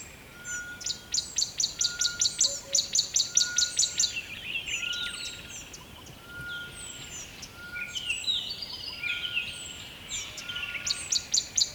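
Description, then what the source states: Bird giving quick bursts of high ticking notes that break into twittering warbles, then resume rapid chips, over a soft steady background hiss. Recorded close by a river at dawn.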